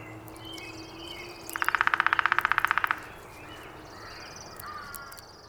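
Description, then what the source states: Downy woodpecker drumming: one quick, even roll of many taps lasting under two seconds, with faint bird calls in the background. Recorded 19 April 2019.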